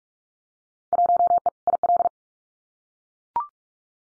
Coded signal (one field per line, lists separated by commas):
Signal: Morse code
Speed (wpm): 44 wpm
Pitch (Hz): 700 Hz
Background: none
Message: 1E IL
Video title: Field Day Exchange Encore 45wpm